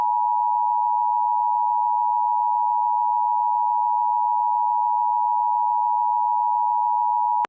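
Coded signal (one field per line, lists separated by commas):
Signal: Emergency Alert System (SAME) tones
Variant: 853 and 960 Hz attention tone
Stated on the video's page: Fictional EAS scenario audio drama.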